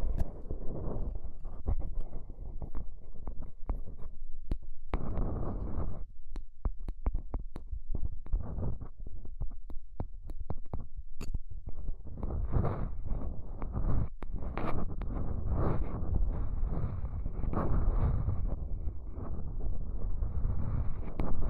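Ear cleaning with rhinestone and clay removal: a dense, muffled rubbing and scraping fills most of the clip, low and rumbling. Between about six and twelve seconds it thins into quick, sharp clicks and crackles, then the heavy scratching sweeps back in.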